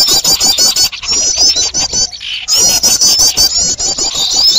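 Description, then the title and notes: Birds chattering in a busy high-pitched mass, strings of quick squeaky notes with brief dips and constant clicking. Noisy bird sounds (burung ribut), a long-duration master recording used for luring birds. "Burung Ribut Pikat"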